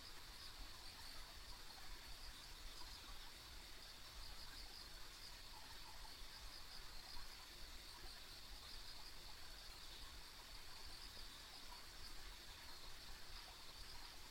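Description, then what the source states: Insect chorus forming a constant high buzz that never pauses, layered over a soft low-pitched rushing background. Ambient insect sounds on a country road.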